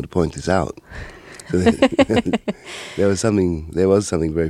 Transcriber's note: laughter